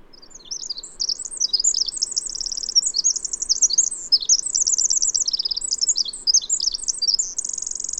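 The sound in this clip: Bird song made of rapid, very high chirps, buzzy trills and slurred notes, pouring out continuously and ending on a sustained trill.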